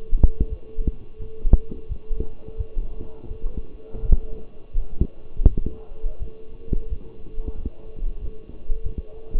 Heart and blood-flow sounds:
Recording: heart sounds by stethoscope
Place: between the tricuspid and mitral areas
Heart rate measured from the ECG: 86 bpm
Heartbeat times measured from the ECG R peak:
0.49 s: heartbeat
1.18 s: heartbeat
1.88 s: heartbeat
2.57 s: heartbeat
3.29 s: heartbeat
4.01 s: heartbeat
4.72 s: heartbeat
5.46 s: heartbeat
6.19 s: heartbeat
6.89 s: heartbeat
7.56 s: heartbeat
8.20 s: heartbeat
8.83 s: heartbeat
From the record:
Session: walking at 3.7 km/h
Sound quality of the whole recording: partially saturated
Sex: male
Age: 24 years

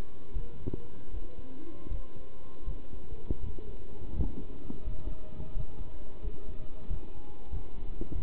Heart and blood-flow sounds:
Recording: heart sounds by stethoscope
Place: between the tricuspid and mitral areas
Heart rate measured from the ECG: 85 bpm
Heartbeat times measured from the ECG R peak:
0.34 s: heartbeat
1.12 s: heartbeat
1.90 s: heartbeat
2.66 s: heartbeat
3.42 s: heartbeat
4.15 s: heartbeat
4.85 s: heartbeat
5.54 s: heartbeat
6.22 s: heartbeat
6.88 s: heartbeat
7.51 s: heartbeat
8.13 s: heartbeat
From the record:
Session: pedaling a stationary bicycle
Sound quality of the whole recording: good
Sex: male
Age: 27 years

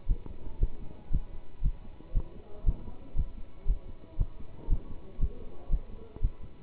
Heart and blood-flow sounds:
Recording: heart sounds by stethoscope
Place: between the tricuspid and mitral areas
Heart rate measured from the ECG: 117 bpm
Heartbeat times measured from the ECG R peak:
0.07 s: heartbeat
0.59 s: heartbeat
1.11 s: heartbeat
1.62 s: heartbeat
2.13 s: heartbeat
2.64 s: heartbeat
3.15 s: heartbeat
3.66 s: heartbeat
4.17 s: heartbeat
4.68 s: heartbeat
5.19 s: heartbeat
5.70 s: heartbeat
6.21 s: heartbeat
From the record:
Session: pedaling a stationary bicycle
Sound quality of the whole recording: good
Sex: male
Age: 27 years

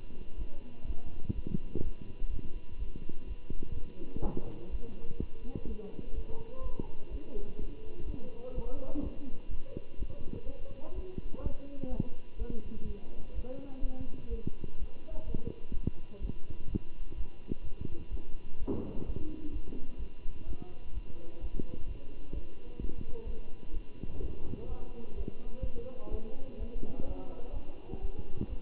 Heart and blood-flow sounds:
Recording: heart sounds by stethoscope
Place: between the tricuspid and mitral areas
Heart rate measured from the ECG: 126 bpm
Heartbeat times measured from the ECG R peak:
0.37 s: heartbeat
0.86 s: heartbeat
1.34 s: heartbeat
1.82 s: heartbeat
2.30 s: heartbeat
2.78 s: heartbeat
3.26 s: heartbeat
3.74 s: heartbeat
4.21 s: heartbeat
4.70 s: heartbeat
5.18 s: heartbeat
5.66 s: heartbeat
6.14 s: heartbeat
6.62 s: heartbeat
7.10 s: heartbeat
7.58 s: heartbeat
8.05 s: heartbeat
8.54 s: heartbeat
9.02 s: heartbeat
9.49 s: heartbeat
9.97 s: heartbeat
10.45 s: heartbeat
10.94 s: heartbeat
11.42 s: heartbeat
11.89 s: heartbeat
12.37 s: heartbeat
12.85 s: heartbeat
13.34 s: heartbeat
13.81 s: heartbeat
14.29 s: heartbeat
14.78 s: heartbeat
15.26 s: heartbeat
15.73 s: heartbeat
16.20 s: heartbeat
16.68 s: heartbeat
17.16 s: heartbeat
17.63 s: heartbeat
18.10 s: heartbeat
18.58 s: heartbeat
19.05 s: heartbeat
19.51 s: heartbeat
19.98 s: heartbeat
20.46 s: heartbeat
20.93 s: heartbeat
21.40 s: heartbeat
21.86 s: heartbeat
22.33 s: heartbeat
22.79 s: heartbeat
23.26 s: heartbeat
23.73 s: heartbeat
24.20 s: heartbeat
24.68 s: heartbeat
25.15 s: heartbeat
25.62 s: heartbeat
26.10 s: heartbeat
26.58 s: heartbeat
27.05 s: heartbeat
27.52 s: heartbeat
28.00 s: heartbeat
28.48 s: heartbeat
From the record:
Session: Bruce protocol treadmill stress test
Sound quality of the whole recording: good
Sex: male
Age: 23 years

